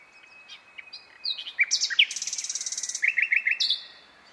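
Bird song: rapid, varied high chirps and a fast buzzy trill, ending in a short series of sharp repeated notes.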